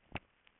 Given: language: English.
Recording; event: throat vibration sensor signal played as sound; swallow